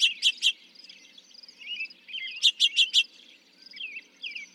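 Northern mockingbird song: two bursts of rapid sharp repeated notes, three then four, separated by soft twisting whistles.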